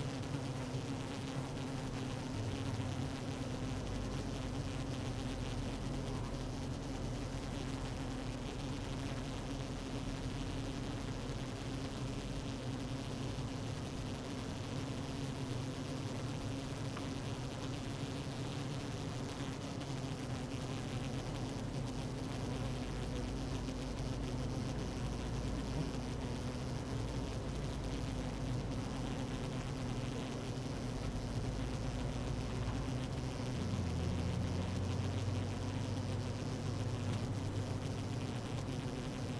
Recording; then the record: honeybee colony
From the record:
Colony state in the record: active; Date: 12 June 2018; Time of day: 15:48